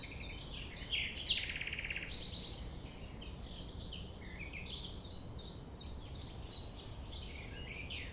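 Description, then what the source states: Common nightingale song: a buzzy, rattling phrase early on, followed by a fast series of repeated sharp, falling notes. Recorded at 6 a.m. at sunrise near the Thève, at Champ de Ménage; the nightingale sings without waiting for silence.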